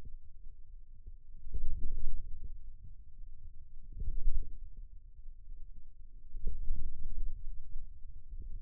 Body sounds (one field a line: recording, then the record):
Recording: forearm muscle sounds (acoustic myography)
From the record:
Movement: ulnar deviation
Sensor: system 2, bracelet of six BSWA MPA416 microphones around the upper forearm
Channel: 1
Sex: male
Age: 22 years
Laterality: right